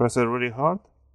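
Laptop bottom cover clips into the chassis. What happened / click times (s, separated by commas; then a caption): The cover is still being handled; no seating click is heard / none. Someone talks while reinstalling the bottom cover on a HUAWEI MateBook D14 (Nbl-WAQ9R) laptop, squeezing its corners hard so the retaining clips snap into the chassis; the RAM upgrade is not possible, so it is being put back together. Only speech is heard, and nothing has seated or clicked yet.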